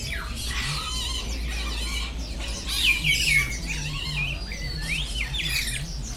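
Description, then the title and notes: Birds singing with wavering whistles, zigzag chirps and a few squawks, layered over a steady low hum. Birds singing at the Bird Garden, Mongkok, Hong Kong, 15 February 2008; recorded with AKG condenser microphones in XY stereo. "香港 旺角 雀鳥花園 雀鳥唱歌 (內附有人類語言中的粗囗) Bird Singing in the Bird Garden, Mongkok, Hong Kong Date: 15 February 2008"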